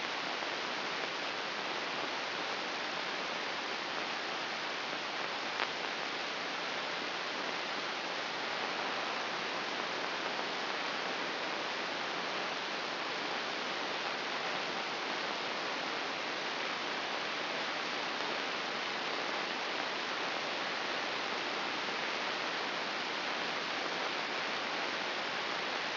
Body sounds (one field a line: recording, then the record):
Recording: brain microelectrode recording played as sound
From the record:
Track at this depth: inside the subthalamic nucleus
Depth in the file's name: 4.738 mm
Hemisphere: right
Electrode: 2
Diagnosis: Parkinson's disease